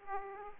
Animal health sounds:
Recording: mosquito wingbeat signal from an infrared sensor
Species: Aedes aegypti

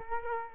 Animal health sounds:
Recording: mosquito wingbeat signal from an infrared sensor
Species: Culex quinquefasciatus

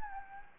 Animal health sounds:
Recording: mosquito wingbeat signal from an infrared sensor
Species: Anopheles gambiae

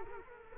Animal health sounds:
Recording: mosquito wingbeat signal from an infrared sensor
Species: Culex quinquefasciatus

